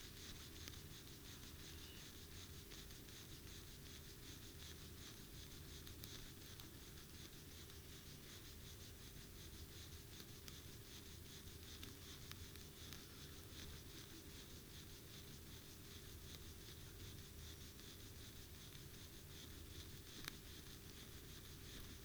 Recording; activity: daily activity, guitar pickup as the sensor; brush teeth